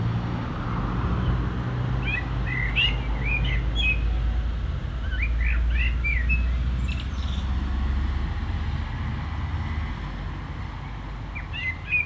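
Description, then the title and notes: Common blackbird singing: several mellow whistled phrases closing in high thin chatter, returning after short pauses, with a low traffic rumble underneath. Singing in a barranco at Agaete, Las Palmas, Spain; cars on a road nearby; recorded with DPA-2006c microphones in AB position into a MixPre-3. "Agaete, Las Palmas, Espagne - Blackbird singing in the barranco. Un merle chante dans le barranco, voitures sur la route pas loin"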